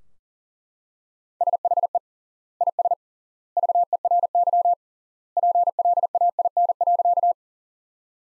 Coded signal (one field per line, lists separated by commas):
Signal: Morse code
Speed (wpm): 40 wpm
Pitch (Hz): 700 Hz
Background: none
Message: SHE IS VERY PLAIN.